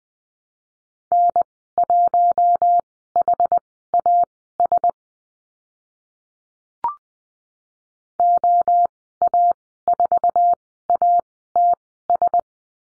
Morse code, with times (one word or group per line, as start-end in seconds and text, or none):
1.1-4.9 N1HAS
8.2-12.4 OA4ATS